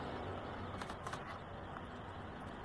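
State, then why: Not seated. A laptop RAM module is inserted at an angle into the SO-DIMM slot of a Lenovo G series laptop and handled before being pressed down. Soft contact sounds are heard around 0.8, 1.1 and 1.8 seconds over a steady background hiss. The module has not been pushed down yet, and nothing has seated or clicked.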